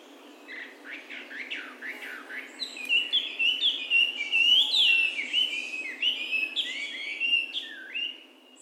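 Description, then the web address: Hwamei singing a rich, varied run of loud whistled phrases, with quick rising and falling slurs that build to a sustained melodic warble. Recorded at Naganuma in March 2007 with an mju recorder. "shiryo koe gabi 200703 naganuma"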